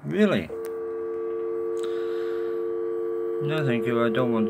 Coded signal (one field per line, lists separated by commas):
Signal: telephone call progress tone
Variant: UK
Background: speech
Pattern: dial tone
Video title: How To Video on... How to Make a Phone Call on a Deactivated Amstrad E3 Em@iler Video Phone.